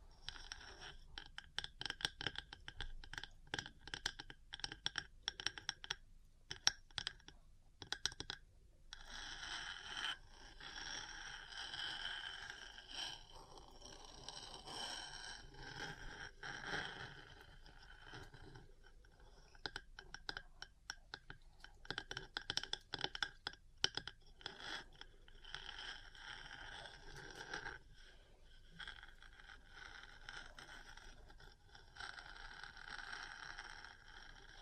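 Metal parts tap and scrape against each other in a dense, irregular stream of sharp clicks and rattling knocks throughout. The taps come in quick bursts, with short pauses near 6, 9, 20 and 28 seconds, over a bright, scratchy grinding texture.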